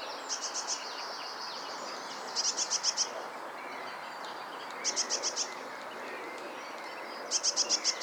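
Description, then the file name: Eurasian blue tit calls: short bursts of rapid, high buzzy-scratchy notes, repeated every few seconds, over a steady background hiss. "Cyanistes caeruleus"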